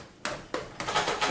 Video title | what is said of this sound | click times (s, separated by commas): Building a PC with a Corsair Graphite Series 780T Case | slide it in and it locks into to place | 0.2 s